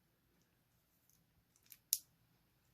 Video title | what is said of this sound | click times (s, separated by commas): Transformers Retro Soundwave Needless Unboxing | That clicks right in there and then plugs right into Soundwave's hand. | 1.9 s